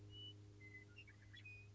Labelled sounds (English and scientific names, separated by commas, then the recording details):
Western Meadowlark (Sturnella neglecta)
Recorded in Sonoma County, California